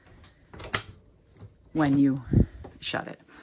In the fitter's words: light release and it pulls open but it does click and lock into place